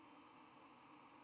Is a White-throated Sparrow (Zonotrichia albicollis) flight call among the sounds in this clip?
no